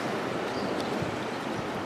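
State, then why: Not seated. A memory card is handled at the tiny card slot underneath a Dromida Kodo micro quadcopter, lined up while it is still unclear which way it goes. Only a steady broadband rush is heard, with no distinct sharp sounds. The card has not clicked or seated in the slot yet.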